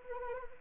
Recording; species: mosquito wingbeat signal from an infrared sensor; Anopheles arabiensis